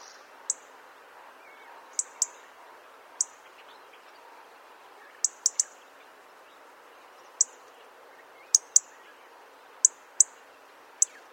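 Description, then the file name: European robin giving sharp, high ticking calls, single or in quick pairs, spaced irregularly over steady low background hiss. "Erithacus rubecula"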